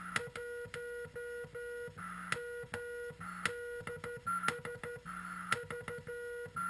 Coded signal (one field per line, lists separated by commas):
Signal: Morse code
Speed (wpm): 13 wpm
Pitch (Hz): 480 Hz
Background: none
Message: 1 MDS V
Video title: Frog sound QRP CW Transceiver 7.023mhz